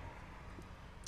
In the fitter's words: I heard it click back in place, I know I'm in.